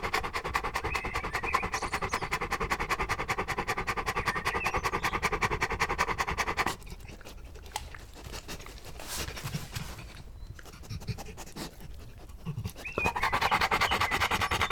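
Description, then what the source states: Dog panting, rapid rhythmic breaths for the first half, a quieter stretch in the middle, then the fast panting resumes near the end. Dog panting; 25 April 2009.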